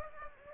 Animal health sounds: mosquito wingbeat signal from an infrared sensor; Aedes aegypti

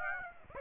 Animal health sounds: mosquito wingbeat signal from an infrared sensor; Aedes aegypti

